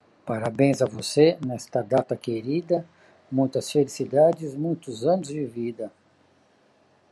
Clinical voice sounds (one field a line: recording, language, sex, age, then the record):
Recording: short text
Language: Brazilian Portuguese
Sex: male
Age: 50 to 59 years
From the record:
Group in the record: control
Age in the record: 50 years